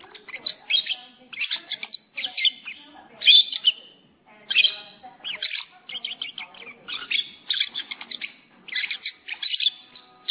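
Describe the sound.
Lovebird giving busy, shrill twittering chatter, clustered high chirps running almost continuously with brief breaks.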